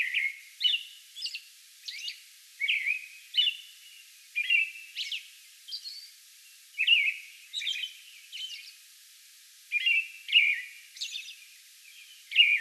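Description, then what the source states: American robin song, bright whistled carols delivered in bursts of several phrases, separated by short pauses, with occasional high squeaky notes. Song bout recorded on May 11.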